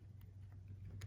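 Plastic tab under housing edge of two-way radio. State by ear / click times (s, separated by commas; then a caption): not seated / none. On the second side of an MTS2000 two-way radio, a plastic retaining tab is pulled down toward the edge of the housing so it can go under a ledge. A steady low hum runs throughout, with faint handling ticks near 0.2 s and 1.0 s. Nothing has seated or snapped under yet.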